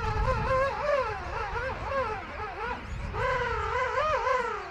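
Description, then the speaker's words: King penguins singing, wavering calls that rise and fall in pitch, over low background noise. Colony of about 100,000 king penguins singing on a curving beach on South Georgia, beneath a hanging glacier and snowy mountains. "And on the curving strand, 100,000 king penguins singing."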